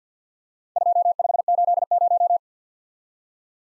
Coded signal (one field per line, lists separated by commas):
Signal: Morse code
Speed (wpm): 47 wpm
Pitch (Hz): 700 Hz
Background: none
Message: 2580